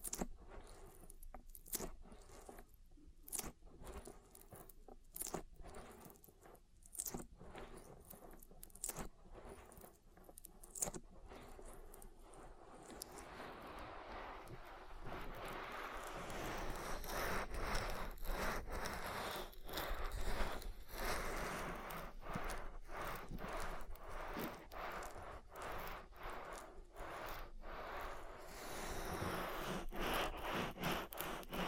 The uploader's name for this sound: Oil Ear Massage